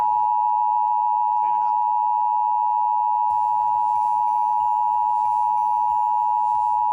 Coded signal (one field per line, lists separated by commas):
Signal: Emergency Alert System (SAME) tones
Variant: 853 and 960 Hz attention tone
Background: speech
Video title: EAS Scenario #4x01: Herobrine